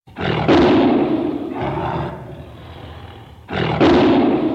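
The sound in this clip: Tiger roaring: a deep, rough roar fading into a low rumble, then a second loud roar starting near the end.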